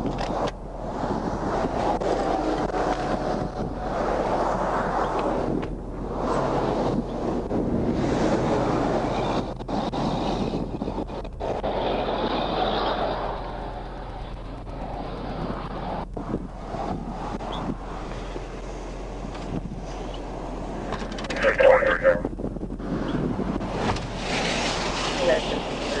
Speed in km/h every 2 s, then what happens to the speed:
0, 0, 0, 0, 0, 0, 0, 0, 0, 0, 0, 0, 0.
0-26 standing.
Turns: none.